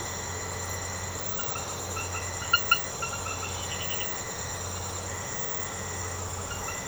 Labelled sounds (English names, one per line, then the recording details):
none
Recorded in secondary vegetation near Puerto Asís, Putumayo, Colombia, on 19 March 2025 at 01:00
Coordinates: 0.468, -76.324
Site G059